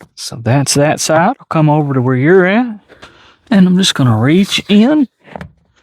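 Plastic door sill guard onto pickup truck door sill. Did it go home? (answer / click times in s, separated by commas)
yes / 5.4 s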